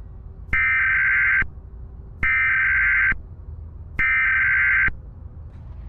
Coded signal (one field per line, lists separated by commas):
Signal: Emergency Alert System (SAME) tones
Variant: header bursts